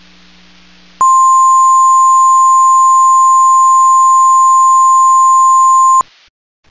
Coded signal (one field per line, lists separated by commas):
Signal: Emergency Alert System (SAME) tones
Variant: 1050 Hz attention tone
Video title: Skyporn Alert Canada